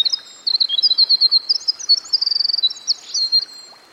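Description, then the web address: Winter wren song: a long, rapid, high tinkling cascade of trills and buzzy runs, tumbling continuously for most over a soft background hiss. Recorded by a stream. "Dan Gibson Songbirds By The Stream. Winter Wren"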